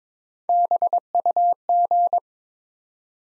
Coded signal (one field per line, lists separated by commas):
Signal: Morse code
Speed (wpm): 23 wpm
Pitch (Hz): 700 Hz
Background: none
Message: BUG